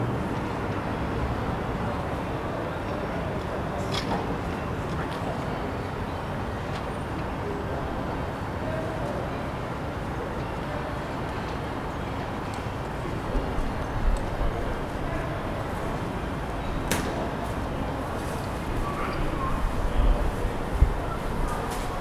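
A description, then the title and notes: A High Street market being set up early in the morning, with a steady low rumble of traffic and murmuring voices filling the background. Occasional sharp knocks and clatters cut through, around 4, 17 and 21 seconds, with busier bumps near the end. High Street wakes up. Captured early in the morning as a High Street market is being set up. It is a cool morning, the ground is wet. People are beginning to enter the centre of the city, going to jobs and cafes.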